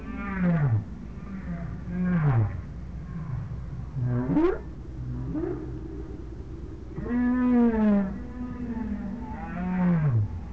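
Whale moans: a series of harmonic cries, several falling steeply in pitch, others rising or held, repeating every couple of seconds over deep rumble.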